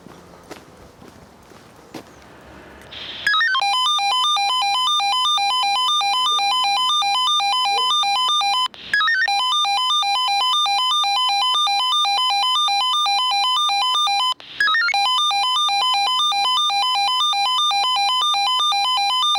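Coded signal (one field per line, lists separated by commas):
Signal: pager alert tone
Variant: Swissphone Quattro 98S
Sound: loud repeating melodic beeping alert of stepped tones, restarting three times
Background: room noise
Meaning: Test alarm for the fire brigade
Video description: wir sehen zuerst einen Funkmeldeempfänger der Marke "Swissphone" Tp: Quattro 98S (Spreachspeicher) auslösend zum Probealarm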